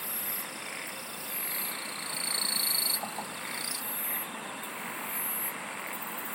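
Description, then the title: Insect chorus with repeated bursts of very high buzzing and a sustained whining tone for a few seconds, over a constant background drone. "SINGING OF INSECTS"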